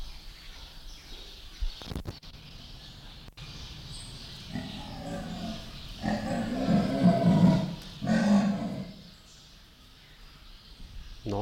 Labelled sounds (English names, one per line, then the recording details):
Leopard
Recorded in captivity
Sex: diverse
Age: adult
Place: Zoo Münster, Nordrhein-Westfalen, DE
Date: 1991-09-24 17:02
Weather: schwül, 22-24°C
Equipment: Marantz CP 430, Sennheiser ME 80, K 30 AV, Kopie Tesla B 116
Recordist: Tembrock, Günter